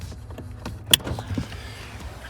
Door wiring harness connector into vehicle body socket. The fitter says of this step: This electrical piece, all we need to do is snap it in. So I'm gonna slide in here and snap it in.